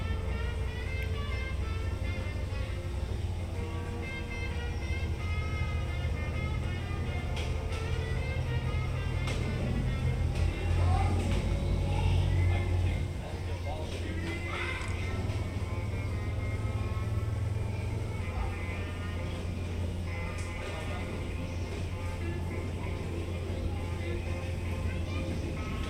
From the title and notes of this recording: Port Orleans Riverside Binaural Hotel Lobby Ambience. The lobby, the gift shop and the port side just by the river.